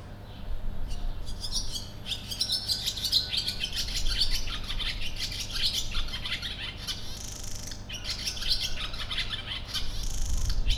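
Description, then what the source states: Sand martin calls, a busy stream of grating, buzzy chirps, nearly continuous throughout, over low background rumble. Recorded in nature in 2016; place given as Potamia.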